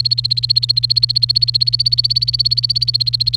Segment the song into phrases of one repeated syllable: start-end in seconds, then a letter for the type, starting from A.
0.00-3.36 A